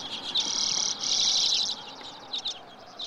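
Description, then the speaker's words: Common Redpoll calls: two loud buzzy rasping bursts, followed by softer quick twittering chips. "Redpolls are acrobats, feeding with ease on the smallest of branches, even hanging upside down to extract seeds from birch catkins."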